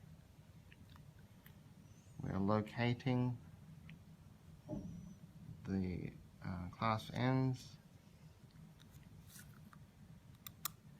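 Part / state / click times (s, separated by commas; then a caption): wire clasp of removable orthodontic appliance onto tooth / seated / 10.5 s, 10.6 s. A removable orthodontic appliance is rolled into place with a thumb while someone talks, and its wire clasp snaps in over the tooth with two sharp clicks at 10.5 and 10.7 seconds. The snap shows the wire has the right amount of bend, and the clasp is seated.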